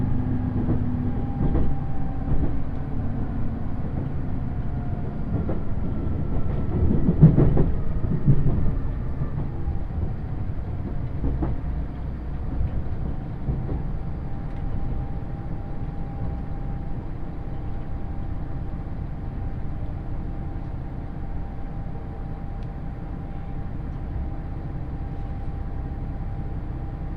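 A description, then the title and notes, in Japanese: Inside a diesel limited express train in motion, a steady low rumble of engine and wheels fills the cabin. A thin sustained whine holds throughout, dipping slightly near nine seconds, with a few knocks and rattles around seven seconds before the ride settles into an even drone. 予讃線特急宇和海5号 松山→伊予大洲。伊予市から西は非電化区間なのでディーゼル特急となります。TSE2000系の特急宇和海5号は2両編成。窓側座席をキープしました。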